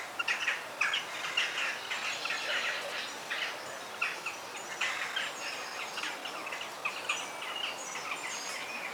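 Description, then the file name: Several birds calling at once, a dense mix of quick chirps, tweets and trills, with continuous background hiss. Forest bird sounds. "ASMR Sounds of the Forest - Soothing Bird Sounds"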